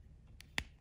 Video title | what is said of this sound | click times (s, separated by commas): The ULTIMATE Ultimate Son Gohan S.H.Figuarts Review and Comparison | there and it snaps into place | 0.6 s